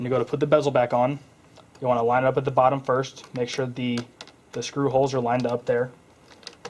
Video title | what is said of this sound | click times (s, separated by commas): How to change laptop screen | basically just snap it in and get a couple snaps in place and you just work your way around the edge carefully | 6.5 s, 6.6 s